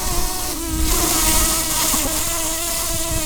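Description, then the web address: Common carder bee buzzing, a steady droning hum with layered tones, holding fairly constant throughout. Queens. "bumblebees Pascuorum-queens"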